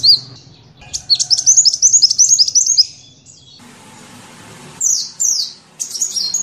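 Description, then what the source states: Van Hasselt's sunbird song: a quick run of thin, warbling chips, then a burst of hiss, then a few sharp, high, descending notes. Kolibri ninja song used as masteran (tutor) fill-in material for training songbirds.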